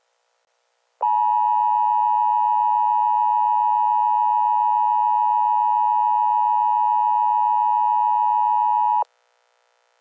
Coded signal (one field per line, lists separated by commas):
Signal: Emergency Alert System (SAME) tones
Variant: 853 and 960 Hz attention tone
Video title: EAS Mini Scenario - Keppler